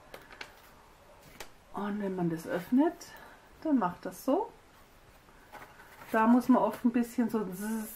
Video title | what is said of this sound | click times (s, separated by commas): It's a Baby Girl (Deutsch) Pop Up Mini Album | Das ist mit Magneten, wie man hört wieder. Klack. | 0.4 s